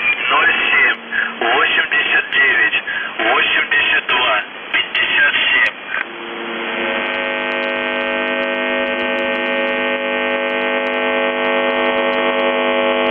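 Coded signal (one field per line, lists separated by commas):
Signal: numbers station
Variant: UVB-76, Russian voice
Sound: brief spoken voice message over radio, then a continuous droning buzz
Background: radio static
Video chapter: 00:57 1229z Voice Message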